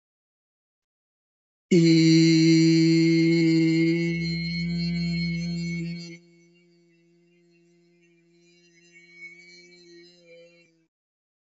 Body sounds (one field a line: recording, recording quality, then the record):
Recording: sustained vowel as in beet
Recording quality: excellent, no background noise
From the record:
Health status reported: healthy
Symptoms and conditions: hypertension, diabetes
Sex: male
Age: 59 years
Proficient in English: yes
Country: India